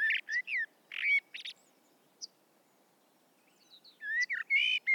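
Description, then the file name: Common blackbird fluty warbling with scratchy high squeaks, several short bursts at start and end with a quieter gap in the middle. "Turdus merula"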